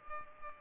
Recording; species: mosquito wingbeat signal from an infrared sensor; Culex pipiens